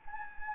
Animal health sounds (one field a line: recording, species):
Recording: mosquito wingbeat signal from an infrared sensor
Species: Anopheles gambiae